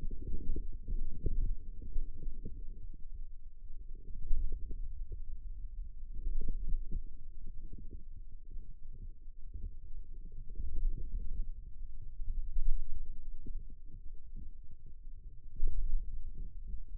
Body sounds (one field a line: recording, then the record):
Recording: forearm muscle sounds (acoustic myography)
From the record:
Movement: wrist flexion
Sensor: system 2, bracelet of six BSWA MPA416 microphones around the upper forearm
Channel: 2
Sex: male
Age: 22 years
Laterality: right